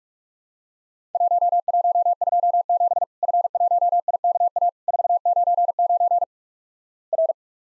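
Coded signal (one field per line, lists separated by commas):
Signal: Morse code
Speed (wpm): 44 wpm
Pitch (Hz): 700 Hz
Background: none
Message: 1127 F1IKA 499 R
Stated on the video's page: Worked All Europe DX Contest QTC exchange copying practice at 45 wpm, with simulated repeat requests; each exchange sent in Morse, then resent.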